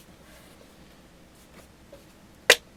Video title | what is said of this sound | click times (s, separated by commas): Unboxing Sceptre E248W-1920 24-Inch Screen LED-Lit Monitor | there we go now it's clicked in place and you can tilt and adjust it | 2.5 s